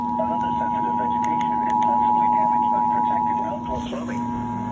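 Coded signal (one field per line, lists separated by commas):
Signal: Emergency Alert System (SAME) tones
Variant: 853 and 960 Hz attention tone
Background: speech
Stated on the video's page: Pennsylvania Required Monthly Test, with a WR120 weather radio playing in the background.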